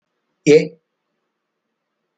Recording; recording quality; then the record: sustained vowel as in made; excellent, no background noise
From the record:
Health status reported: healthy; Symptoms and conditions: diabetes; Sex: male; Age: 58 years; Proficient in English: yes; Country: India